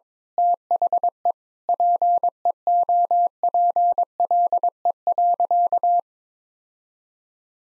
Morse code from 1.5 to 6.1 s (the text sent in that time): PEOPLE.